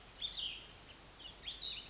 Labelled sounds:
Cassin's Vireo (Vireo cassinii)
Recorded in Sonoma County, California

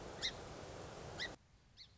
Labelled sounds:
Song Sparrow (Melospiza melodia)
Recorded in Sonoma County, California

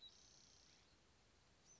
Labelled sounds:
Spotted Towhee (Pipilo maculatus)
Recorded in Sonoma County, California

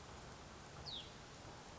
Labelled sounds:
Hutton's Vireo (Vireo huttoni)
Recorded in Sonoma County, California

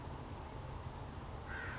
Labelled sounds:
California Towhee (Melozone crissalis)
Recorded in Sonoma County, California

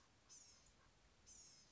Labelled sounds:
Blue-gray Gnatcatcher (Polioptila caerulea)
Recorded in Sonoma County, California

